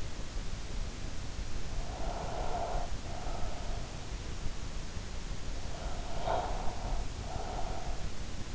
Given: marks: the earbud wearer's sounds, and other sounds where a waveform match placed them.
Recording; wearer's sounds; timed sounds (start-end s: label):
sounds in sleep by an in-ear microphone; breath
1.62-4.09 s: breath
5.57-8.55 s: breath